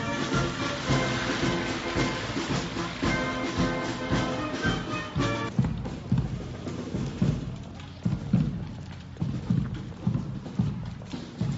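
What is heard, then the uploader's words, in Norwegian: A small parade in Leirvik: a band plays with steady drumbeats, then after five seconds the tune drops away, leaving rhythmic thumps and crowd noise. Mini-borgartog i Leirvik. Nasjonaldagen 2020 vart veldig spesiell i Leirvik, sidan det nesten ikkje var folk å sjå samanlikna med det som er vanleg. Likevel vart det eit slags mini-borgartog med 40 personar.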